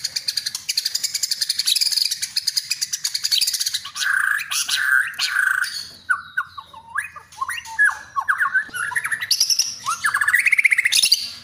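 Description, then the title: Oriental magpie-robin song: a rapid buzzy rattling trill for about four seconds, then varied whistled and slurred phrases with sharp chirps toward the end. "kacer"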